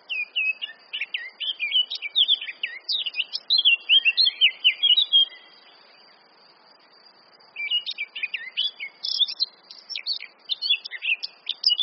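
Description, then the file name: Eurasian blackcap giving two bursts of fast scratchy warbling song separated by a few seconds of quiet, with a thin continuous high tone in the background. "Sylvia atricapilla"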